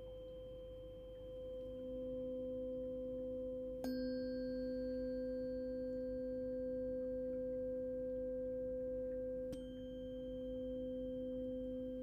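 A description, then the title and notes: Tuning forks ring in long, pure, steady tones layered over one another, a low hum beneath a brighter pitch. Near four seconds and again near nine and a half, a sharp strike sets a fork sounding anew, adding a high shimmering tone that slowly fades. Multiple forks can be held to create complex frequencies for new experiences. In this track she held one or two forks at the same time- sometimes in one ear, sometimes in both- creating this enveloping sound that pierces the brain.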